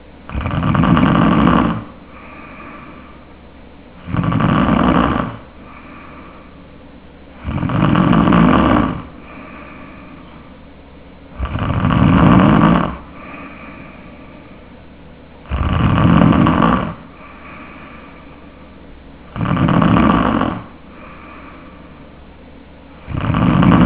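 Tongue base snoring in a sleeping adult: loud, rough, low-pitched snores on each breath, about 16 per minute, with quieter breathing between them.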